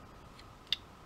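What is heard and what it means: A Lego weapon piece is clipped onto the arm of a brick-built robot, making one sharp, bright click at 0.7 s against a quiet background. The piece seats on the arm.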